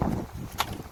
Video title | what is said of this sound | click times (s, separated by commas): Avis sur la Bosch Home and Garden Tondeuse à Gazon AdvancedRotak 750 (1700 Watt, Largeur de Coupe : | jusqu'au clic. | 0.6 s